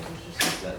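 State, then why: Not seated. The hitch arm of a Burley Tail Wagon dog trailer is pushed toward the hitch coupler mounted on an Emove Cruiser electric scooter, with low mechanical rattling and handling noise. At about 0.4 s, a louder broadband scraping, creaking surge rises and then slowly fades. Nothing has seated or clicked yet.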